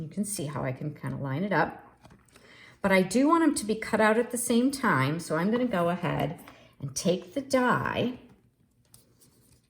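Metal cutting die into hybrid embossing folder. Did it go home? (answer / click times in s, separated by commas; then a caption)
yes / 8.9 s. A thin metal cutting die is set into the matching impressions of a plastic hybrid embossing folder while someone talks. Soft handling sounds are heard around 2 seconds. A short, sharp click at 8.9 s marks the die seating in the folder, showing it is lined up properly.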